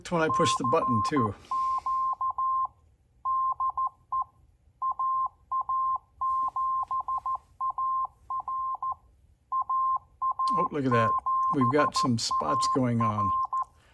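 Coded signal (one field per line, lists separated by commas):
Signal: Morse code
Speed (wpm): 14 wpm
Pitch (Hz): 1050 Hz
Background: speech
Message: CQ DE AA7AR AA7AR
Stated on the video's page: NC40A transceiver on the bench exhibiting odd blips and clicks.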